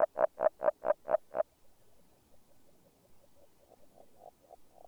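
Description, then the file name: Agile frog calling, a quick run of seven low clucking notes, then a quieter, softer series of similar notes continuing faintly. "Grenouille agile"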